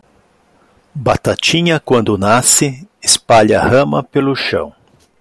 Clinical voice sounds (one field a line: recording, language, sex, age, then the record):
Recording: short text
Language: Brazilian Portuguese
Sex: female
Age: 50 to 59 years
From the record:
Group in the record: control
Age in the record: 51 years